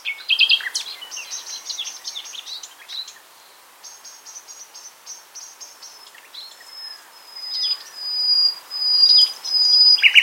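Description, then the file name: Common nightingale song of quick repeated piping notes in bursts, then long thin whistles repeated in a row. "Luscinia megarhynchos"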